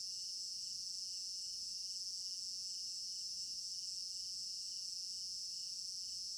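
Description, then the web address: Steady high cricket trilling, a rhythmic shimmering pulse with no gaps. Crickets in an African village garden at night, stereo binaural recording. "African-Village Garden Night Crickets 03 Stereo-Binaural. immersive sound library"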